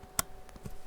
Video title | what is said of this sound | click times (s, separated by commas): Gigabyte X399 Aorus Xtreme Threadripper 2950 Build and WiFi Upgrade | you should have heard that click in | 0.2 s